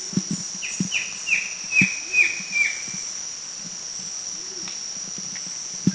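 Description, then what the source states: Rufous-lored kingfisher giving one short run of about six sharp, slightly descending notes, then falling silent, with a constant high insect drone and soft low thuds. Recorded in the Philippines.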